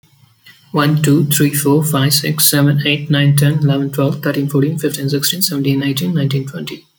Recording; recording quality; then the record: counting at a fast pace; excellent, no background noise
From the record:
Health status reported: healthy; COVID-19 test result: not tested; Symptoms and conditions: none ticked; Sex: male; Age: 23 years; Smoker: not ticked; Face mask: not worn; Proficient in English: yes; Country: India